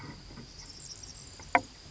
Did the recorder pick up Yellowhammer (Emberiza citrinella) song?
no